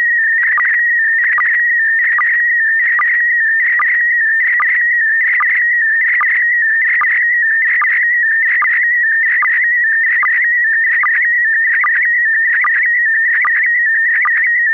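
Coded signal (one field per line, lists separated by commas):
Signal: SSTV (slow-scan television)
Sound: warbling whistle-like tone around 2 kHz with steady rhythmic low blips, about one per second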